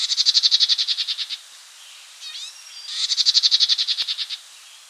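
Blue-headed vireo chatter: two fast, harsh, evenly pulsed bursts, with soft rising notes between them.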